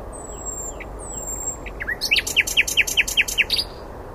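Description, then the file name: Common nightingale singing: thin drawn-out whistles and slurred notes build into a loud series of sharp, evenly repeated notes. "Luscinia megarhynchos"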